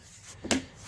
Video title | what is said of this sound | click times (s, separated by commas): How to replace the 6F35 transmission in a 2013-2016 Ford Escape 2.0l AWD | and I'm just snapping this in. | 0.5 s